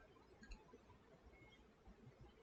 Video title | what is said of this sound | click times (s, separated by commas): How To Assemble Pro-Form 505 CST Treadmill | and it'll snap right in place | 0.4 s, 0.5 s